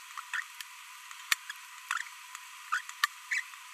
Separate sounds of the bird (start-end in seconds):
0.34-0.42, 2.72-2.81, 3.31-3.40